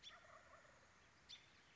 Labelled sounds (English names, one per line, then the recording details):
Wild Turkey
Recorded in Sonoma County, California